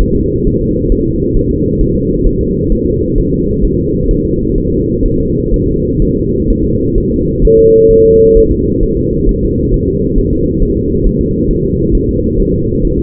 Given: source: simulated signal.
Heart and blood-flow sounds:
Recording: fetal heart sounds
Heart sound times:
0.01 s: S1
0.16 s: S2
0.47 s: S1
0.61 s: S2
0.92 s: S1
1.06 s: S2
1.37 s: S1
1.51 s: S2
1.81 s: S1
1.95 s: S2
2.27 s: S1
2.41 s: S2
2.72 s: S1
2.86 s: S2
3.18 s: S1
3.32 s: S2
3.64 s: S1
3.79 s: S2
4.11 s: S1
4.25 s: S2
4.58 s: S1
4.72 s: S2
5.06 s: S1
5.20 s: S2
5.54 s: S1
5.68 s: S2
6.02 s: S1
6.16 s: S2
6.50 s: S1
6.64 s: S2
6.98 s: S1
7.12 s: S2
7.45 s: S1
7.59 s: S2
7.91 s: S1
8.05 s: S2
8.37 s: S1
8.51 s: S2
8.83 s: S1
8.97 s: S2
9.29 s: S1
9.43 s: S2
9.74 s: S1
9.88 s: S2
10.18 s: S1
10.33 s: S2
10.63 s: S1
10.77 s: S2
11.06 s: S1
11.21 s: S2
11.51 s: S1
11.65 s: S2
11.95 s: S1
12.09 s: S2
12.39 s: S1
12.54 s: S2
12.85 s: S1
12.99 s: S2
From the record:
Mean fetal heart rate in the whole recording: 130 bpm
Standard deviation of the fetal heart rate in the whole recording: 4 bpm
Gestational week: 38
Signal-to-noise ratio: -14.7 dB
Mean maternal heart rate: 72 bpm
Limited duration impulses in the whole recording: present

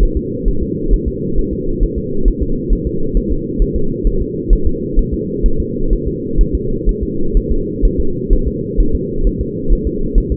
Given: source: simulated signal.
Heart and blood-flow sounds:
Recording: fetal heart sounds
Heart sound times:
0.03 s: S1
0.17 s: S2
0.48 s: S1
0.63 s: S2
0.93 s: S1
1.08 s: S2
1.38 s: S1
1.53 s: S2
1.83 s: S1
1.98 s: S2
2.28 s: S1
2.42 s: S2
2.73 s: S1
2.87 s: S2
3.17 s: S1
3.32 s: S2
3.62 s: S1
3.76 s: S2
4.07 s: S1
4.22 s: S2
4.53 s: S1
4.67 s: S2
4.99 s: S1
5.13 s: S2
5.46 s: S1
5.60 s: S2
5.93 s: S1
6.07 s: S2
6.41 s: S1
6.55 s: S2
6.89 s: S1
7.03 s: S2
7.37 s: S1
7.51 s: S2
7.85 s: S1
8.00 s: S2
8.33 s: S1
8.48 s: S2
8.80 s: S1
8.95 s: S2
9.27 s: S1
9.41 s: S2
9.72 s: S1
9.87 s: S2
10.18 s: S1
10.32 s: S2
From the record:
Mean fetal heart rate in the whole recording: 130 bpm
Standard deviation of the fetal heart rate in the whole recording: 2 bpm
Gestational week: 38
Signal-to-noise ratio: -8.1 dB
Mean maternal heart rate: 72 bpm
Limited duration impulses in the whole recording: absent

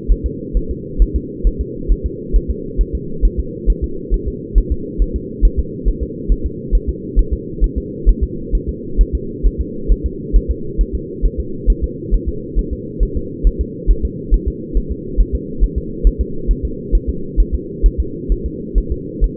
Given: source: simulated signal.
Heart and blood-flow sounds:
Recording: fetal heart sounds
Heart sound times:
0.12 s: S1
0.26 s: S2
0.57 s: S1
0.71 s: S2
1.02 s: S1
1.16 s: S2
1.47 s: S1
1.61 s: S2
1.92 s: S1
2.06 s: S2
2.36 s: S1
2.50 s: S2
2.81 s: S1
2.95 s: S2
3.25 s: S1
3.39 s: S2
3.70 s: S1
3.84 s: S2
4.14 s: S1
4.28 s: S2
4.58 s: S1
4.72 s: S2
5.02 s: S1
5.16 s: S2
5.45 s: S1
5.59 s: S2
5.88 s: S1
6.03 s: S2
6.32 s: S1
6.46 s: S2
6.75 s: S1
6.89 s: S2
7.19 s: S1
7.33 s: S2
7.64 s: S1
7.78 s: S2
8.09 s: S1
8.24 s: S2
8.55 s: S1
8.69 s: S2
9.01 s: S1
9.15 s: S2
9.46 s: S1
9.61 s: S2
9.92 s: S1
10.06 s: S2
10.36 s: S1
10.51 s: S2
10.81 s: S1
10.95 s: S2
11.25 s: S1
11.40 s: S2
11.70 s: S1
11.84 s: S2
12.14 s: S1
12.28 s: S2
12.59 s: S1
12.73 s: S2
13.03 s: S1
13.17 s: S2
13.47 s: S1
13.61 s: S2
13.91 s: S1
14.05 s: S2
14.34 s: S1
14.48 s: S2
14.77 s: S1
14.91 s: S2
15.20 s: S1
15.35 s: S2
15.64 s: S1
15.78 s: S2
16.07 s: S1
16.21 s: S2
16.51 s: S1
16.65 s: S2
16.95 s: S1
17.09 s: S2
17.40 s: S1
17.54 s: S2
17.86 s: S1
18.00 s: S2
18.32 s: S1
18.46 s: S2
18.78 s: S1
18.92 s: S2
19.24 s: S1
From the record:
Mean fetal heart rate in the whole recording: 135 bpm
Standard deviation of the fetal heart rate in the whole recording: 3 bpm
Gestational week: 36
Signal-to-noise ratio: -4.3 dB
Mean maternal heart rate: 72 bpm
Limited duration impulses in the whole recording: present

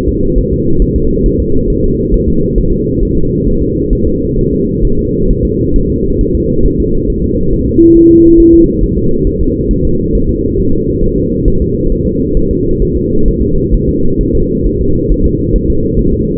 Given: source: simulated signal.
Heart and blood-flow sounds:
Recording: fetal heart sounds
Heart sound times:
0.09 s: S2
0.38 s: S1
0.53 s: S2
0.82 s: S1
0.96 s: S2
1.26 s: S1
1.40 s: S2
1.70 s: S1
1.84 s: S2
2.14 s: S1
2.28 s: S2
2.58 s: S1
2.72 s: S2
3.03 s: S1
3.17 s: S2
3.48 s: S1
3.62 s: S2
3.93 s: S1
4.07 s: S2
4.39 s: S1
4.53 s: S2
4.85 s: S1
4.99 s: S2
5.31 s: S1
5.45 s: S2
5.76 s: S1
5.90 s: S2
6.21 s: S1
6.35 s: S2
6.66 s: S1
6.80 s: S2
7.10 s: S1
7.24 s: S2
7.53 s: S1
7.68 s: S2
7.97 s: S1
8.11 s: S2
8.40 s: S1
8.54 s: S2
8.83 s: S1
8.98 s: S2
9.27 s: S1
9.41 s: S2
9.71 s: S1
9.85 s: S2
10.15 s: S1
10.29 s: S2
10.59 s: S1
10.74 s: S2
11.04 s: S1
11.18 s: S2
11.48 s: S1
11.62 s: S2
11.92 s: S1
12.07 s: S2
12.37 s: S1
12.51 s: S2
12.82 s: S1
12.97 s: S2
13.28 s: S1
13.42 s: S2
13.75 s: S1
13.89 s: S2
14.21 s: S1
14.35 s: S2
14.67 s: S1
14.81 s: S2
15.12 s: S1
15.26 s: S2
15.56 s: S1
15.70 s: S2
15.99 s: S1
16.13 s: S2
From the record:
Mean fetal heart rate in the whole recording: 135 bpm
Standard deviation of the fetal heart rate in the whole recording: 3 bpm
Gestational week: 36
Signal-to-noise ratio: -16.4 dB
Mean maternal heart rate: 72 bpm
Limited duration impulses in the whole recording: present

